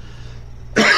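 After a quiet lead-in, one abrupt, harsh cough burst from an adult close to the microphone.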